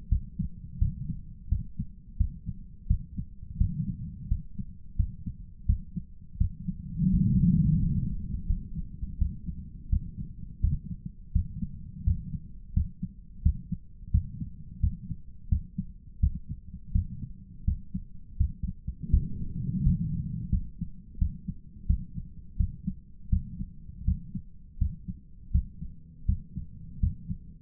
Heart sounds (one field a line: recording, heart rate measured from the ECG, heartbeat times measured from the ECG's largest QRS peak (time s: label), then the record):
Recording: heart sounds by stethoscope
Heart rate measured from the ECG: 85 bpm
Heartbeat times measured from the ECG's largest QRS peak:
0.08 s: heartbeat
0.78 s: heartbeat
1.48 s: heartbeat
2.16 s: heartbeat
2.86 s: heartbeat
3.57 s: heartbeat
4.27 s: heartbeat
4.96 s: heartbeat
5.65 s: heartbeat
6.37 s: heartbeat
7.10 s: heartbeat
7.79 s: heartbeat
8.46 s: heartbeat
9.17 s: heartbeat
9.89 s: heartbeat
10.60 s: heartbeat
11.31 s: heartbeat
12.03 s: heartbeat
12.73 s: heartbeat
13.42 s: heartbeat
14.10 s: heartbeat
14.79 s: heartbeat
15.48 s: heartbeat
16.19 s: heartbeat
16.91 s: heartbeat
17.64 s: heartbeat
18.36 s: heartbeat
19.09 s: heartbeat
19.82 s: heartbeat
20.50 s: heartbeat
21.18 s: heartbeat
21.86 s: heartbeat
22.56 s: heartbeat
23.29 s: heartbeat
24.04 s: heartbeat
24.77 s: heartbeat
25.51 s: heartbeat
26.25 s: heartbeat
26.99 s: heartbeat
From the record:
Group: healthy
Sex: male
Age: 57 years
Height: 188 cm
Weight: 106 kg